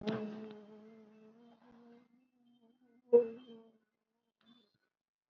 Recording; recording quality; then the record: sustained vowel as in boot; poor, much background noise or distortion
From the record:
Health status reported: COVID-19 positive, mild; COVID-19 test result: positive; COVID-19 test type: RT-PCR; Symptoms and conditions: sore throat, another condition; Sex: female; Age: 66 years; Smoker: no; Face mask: not worn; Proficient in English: no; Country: India